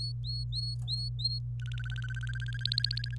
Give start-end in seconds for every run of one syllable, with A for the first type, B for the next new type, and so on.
0.00-1.38 A, 1.62-3.15 B